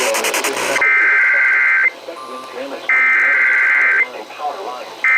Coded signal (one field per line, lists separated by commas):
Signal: Emergency Alert System (SAME) tones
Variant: header bursts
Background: speech